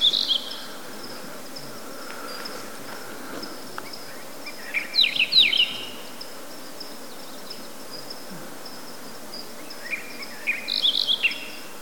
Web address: sound Hume's-wheatear. صدای-پرنده-چکچک-شکم-سفید